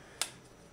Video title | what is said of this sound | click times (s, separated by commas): Panasonic Lumix LX5 Unboxing and Walkthrough | and then when you push it back it snaps back in this one actually makes you focus on tightening it up | 0.2 s